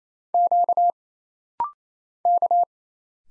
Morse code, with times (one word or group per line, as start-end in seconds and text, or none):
0.3-0.9 Q
2.3-2.6 K